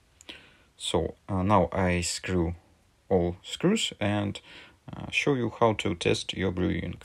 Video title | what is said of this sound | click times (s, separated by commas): Melitta Barista Varianza Passion, maintenance of brew unit by yourself. | sitting correct you will hear the click | 0.2 s, 0.3 s